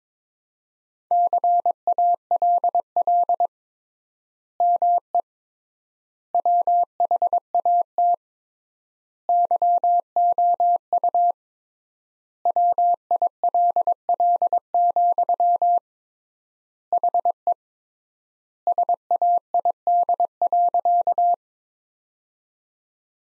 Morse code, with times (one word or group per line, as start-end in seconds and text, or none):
1.1-3.5 CALL
4.6-5.2 ME
6.3-8.1 WHAT
9.3-11.3 YOU
12.5-15.8 WILL,
16.9-17.5 HE
18.7-21.3 SAID.